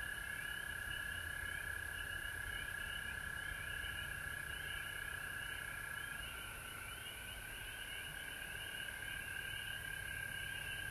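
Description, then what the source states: Frog chorus with a strong mid-pitched droning trill and rapidly pulsing higher calls over a low rumble. Frogs recorded at home in Georgia on March 19, 2020.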